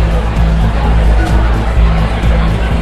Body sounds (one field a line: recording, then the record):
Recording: background sound without coughing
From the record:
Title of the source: Party Noise 1 Hour Party Ambience